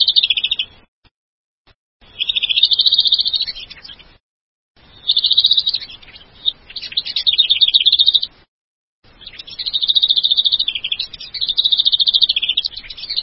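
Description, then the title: White-rumped shama singing rapid, warbling high-pitched phrases in several bursts of varying length, separated by brief pauses. "Kicau Murai Batu"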